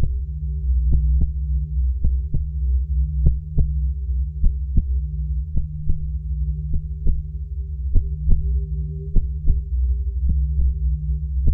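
Paired lub-dub heart sounds of an adult heart, heard through a stethoscope, repeat steadily at about 50 beats a minute, each pair a short double thump. A constant low hum runs underneath throughout, partly masking the beats.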